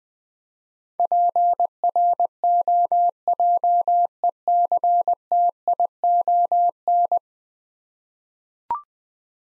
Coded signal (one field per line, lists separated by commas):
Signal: Morse code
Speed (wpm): 20 wpm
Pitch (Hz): 700 Hz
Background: none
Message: PROJECTION